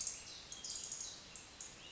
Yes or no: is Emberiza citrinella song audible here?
no